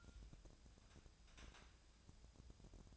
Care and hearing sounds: daily activity, microphone in the room; take from stove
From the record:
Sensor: 2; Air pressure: 999.8 hPa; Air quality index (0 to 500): 122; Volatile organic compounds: 2 ppm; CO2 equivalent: 1055 ppm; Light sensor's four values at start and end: 31/76/33/37 and 31/75/33/37

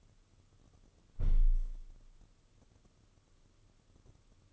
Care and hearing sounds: daily activity, microphone in the room; close window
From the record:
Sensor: 4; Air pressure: 995.2 hPa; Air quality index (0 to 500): 191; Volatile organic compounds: 121 ppm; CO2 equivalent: 3881 ppm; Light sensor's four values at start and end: 5/11/4/4 and 4/10/4/4

